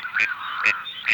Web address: Серая утка Canapiglia